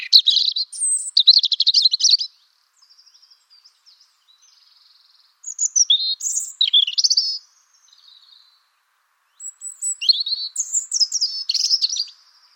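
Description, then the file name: European robin song in three separate phrases, each a tumbling mix of high trills, thin sliding whistles and fast twitters, with quiet gaps in between. "Erithacus rubecula"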